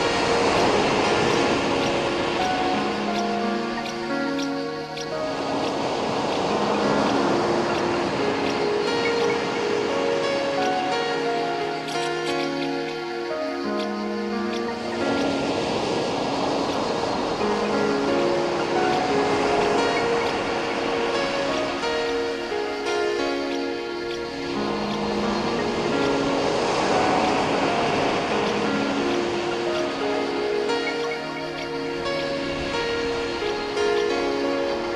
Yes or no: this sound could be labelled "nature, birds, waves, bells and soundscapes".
yes